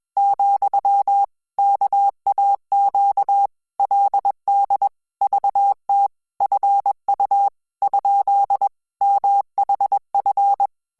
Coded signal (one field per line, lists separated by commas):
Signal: Morse code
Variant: Korean alphabet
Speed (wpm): 21 wpm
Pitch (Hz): 800 Hz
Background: none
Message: , 왜 그 러 니 ? 문